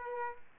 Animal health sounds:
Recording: mosquito wingbeat signal from an infrared sensor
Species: Aedes aegypti

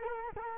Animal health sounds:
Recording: mosquito wingbeat signal from an infrared sensor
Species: Culex quinquefasciatus

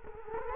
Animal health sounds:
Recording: mosquito wingbeat signal from an infrared sensor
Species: Culex quinquefasciatus

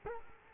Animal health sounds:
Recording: mosquito wingbeat signal from an infrared sensor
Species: Culex quinquefasciatus

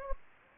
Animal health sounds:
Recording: mosquito wingbeat signal from an infrared sensor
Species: Anopheles gambiae

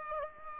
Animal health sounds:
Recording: mosquito wingbeat signal from an infrared sensor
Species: Aedes aegypti

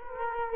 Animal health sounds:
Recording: mosquito wingbeat signal from an infrared sensor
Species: Culex quinquefasciatus

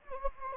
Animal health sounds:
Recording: mosquito wingbeat signal from an infrared sensor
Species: Anopheles gambiae

